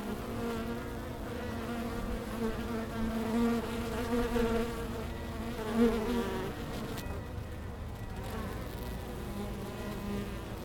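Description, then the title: Honey bees humming in a dense buzzing chorus, with one louder buzz near the middle. Many bees returning to their hives after the sun left the hives, early October, Langel, Köln, Germany; many with white backs from Impatiens glandulifera flowers. "Langel, Köln, Deutschland - Bienen Anfang Oktober. Bees at the beginning of October"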